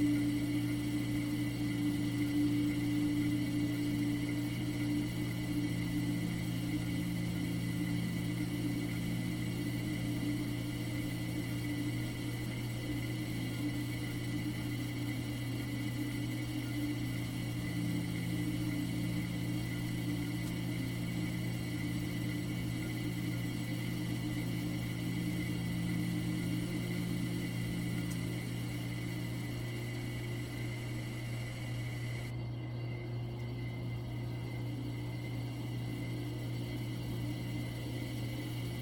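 A spaceship sleep chamber hums with a steady, low drone under thin, high whining tones and a soft hiss like crickets. The sound barely changes until just past the half-minute mark, when the brightest hiss cuts out and the hum continues alone.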